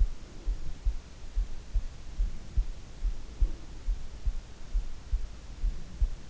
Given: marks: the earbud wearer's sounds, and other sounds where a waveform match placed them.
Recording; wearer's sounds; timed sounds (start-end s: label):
sounds in sleep by an in-ear microphone; breath
0.06-0.99 s: breath
3.13-4.11 s: breath